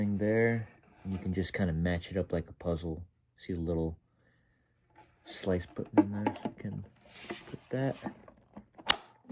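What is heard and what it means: A small plastic slice piece is matched up like a puzzle and pushed into its slot in the display stand of a 2024 Star Wars Galaxy's Edge Life Day Ren knight collectible helmet while someone talks. A sharp click at 8.9 s marks the piece snapping in, seated.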